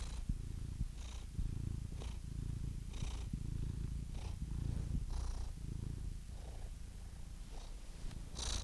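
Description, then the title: Domestic cat purring quietly, a low uneven rumble with breath pulses and a few small clicks. "The Ultimate Compilation of Adorable Cat Meows 🐱😺 #CatMeows #CuteKittens"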